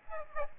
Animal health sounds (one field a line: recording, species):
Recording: mosquito wingbeat signal from an infrared sensor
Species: Aedes aegypti